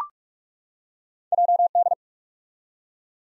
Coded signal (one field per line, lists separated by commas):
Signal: Morse code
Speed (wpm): 43 wpm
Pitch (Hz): 700 Hz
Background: none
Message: JD